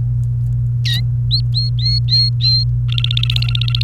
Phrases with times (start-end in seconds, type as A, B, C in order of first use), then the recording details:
0.85-1.01 A, 1.31-2.64 B, 2.88-3.83 C. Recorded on 28 April 2018 at 11:49. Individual llb3